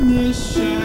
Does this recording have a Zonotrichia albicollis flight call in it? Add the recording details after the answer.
no. No flight call is heard. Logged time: 01:35 on 4 September 2014